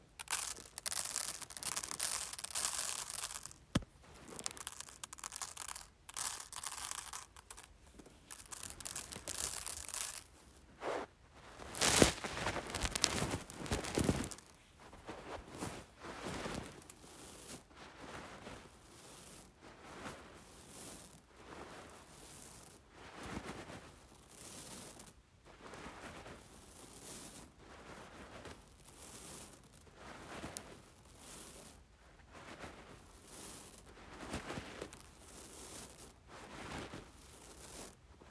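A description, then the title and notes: Rice is handled, giving dry rustling and crunching that comes in bursts and dense showers, loudest in the first fifteen seconds with a strong surge around twelve seconds. Afterward the grains shift more quietly in short, irregular pulses. ASMR Playing with Rice.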